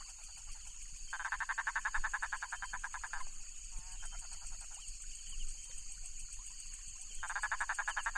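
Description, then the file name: Toad producing rapid pulsed trills in two-second bouts, with quieter trilling between and a continuous shrill insect hum in the background. "philippine toad"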